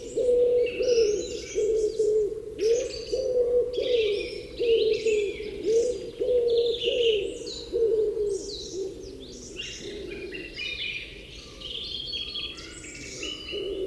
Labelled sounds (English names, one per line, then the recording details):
Common Wood Pigeon call
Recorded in the wild
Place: Gingst, Insel Rügen, Mecklenburg-Vorpommern, DE
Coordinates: 54.457, 13.256
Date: 1977-04-08
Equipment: Nagra III BH, Sennheiser MD 21, parabola
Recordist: Schubert, Michael
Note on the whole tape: Rufreihen und Nestrufe Ringeltauben